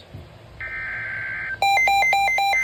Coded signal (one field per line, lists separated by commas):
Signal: Emergency Alert System (SAME) tones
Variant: header bursts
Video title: (FIRST DOUBLE HEADER YT FIRST!!) Partial OKX SMW AND FULL PHI SMW!! EAS #3-4